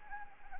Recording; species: mosquito wingbeat signal from an infrared sensor; Anopheles gambiae